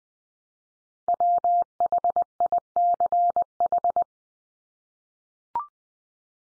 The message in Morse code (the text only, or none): WHICH